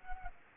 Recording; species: mosquito wingbeat signal from an infrared sensor; Anopheles arabiensis